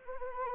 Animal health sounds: mosquito wingbeat signal from an infrared sensor; Anopheles arabiensis

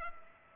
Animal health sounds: mosquito wingbeat signal from an infrared sensor; Culex pipiens

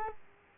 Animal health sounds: mosquito wingbeat signal from an infrared sensor; Culex quinquefasciatus

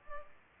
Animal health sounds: mosquito wingbeat signal from an infrared sensor; Culex pipiens

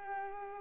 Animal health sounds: mosquito wingbeat signal from an infrared sensor; Culex pipiens

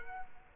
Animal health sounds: mosquito wingbeat signal from an infrared sensor; Culex quinquefasciatus

